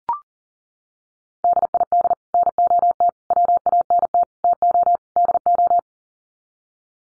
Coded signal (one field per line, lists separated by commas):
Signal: Morse code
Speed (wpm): 40 wpm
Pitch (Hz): 700 Hz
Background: none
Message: DID NOT WANT TO DO